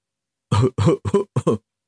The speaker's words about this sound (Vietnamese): Tổng thống Mỹ quốc ho nhẹ một tiếng, lúc này mọi người mới ngừng lại việc trao đổi.